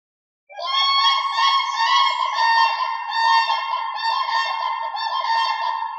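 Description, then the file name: Swan giving sustained, nasal honking calls with rich harmonics, lasting about five seconds after a short silence. "Lebada"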